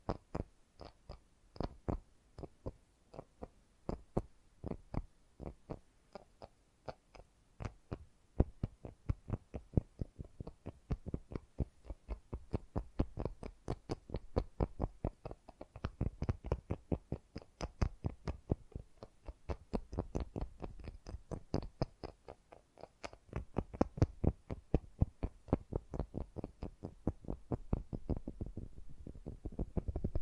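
Fast, gentle tapping continues for the whole clip, a dense stream of quick, light taps at an uneven rhythm with a soft low thud beneath each one. The pace picks up and grows busier in the second half, ending in a rapid flurry near the close.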